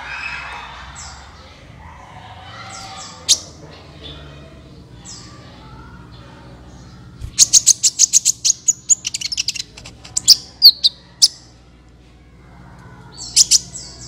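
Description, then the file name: Van Hasselt's Sunbird song: a few high downslurred notes, then a quick rattling burst of sharp chips around the middle and more chips near the end. "suara kolibri ninja"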